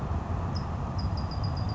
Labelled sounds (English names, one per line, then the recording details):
Bewick's Wren
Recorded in Sonoma County, California